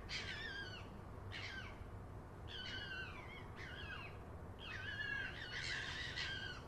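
Fox uttering a run of harsh, harmonic, falling cries in quick succession, the last ones overlapping and louder, with a constant low hum behind.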